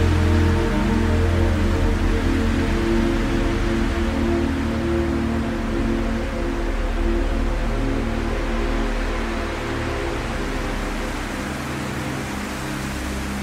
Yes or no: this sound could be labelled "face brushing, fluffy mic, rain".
no